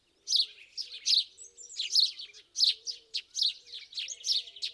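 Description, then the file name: House sparrow calls: a run of bright, rough chirps in quick succession, with a soft low hum beneath. "Passer domesticus"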